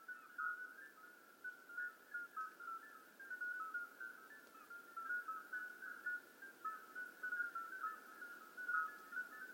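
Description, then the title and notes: Dense chorus of common midwife toads: clear, bell-like single notes repeated by many callers, weaving together at pitches without break. Hundreds of toads giving flute-like calls simultaneously at slightly different pitches in an old disused quarry, outskirts of Lerouville, just after midnight; calling begins at dusk and continues through the night. "Outskirts of Lerouville. Common Midwife Toads. Recorded by Colin Hunter. Music for Sleep project"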